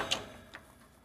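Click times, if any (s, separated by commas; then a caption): none. A basket locking clip is handled on the rod of a soft close pull-out larder frame, after the basket is set in place, with a sharp tick at 0.1 s and a fainter one near 0.6 s over low background. The clip has not yet been pushed home and nothing has clicked or seated.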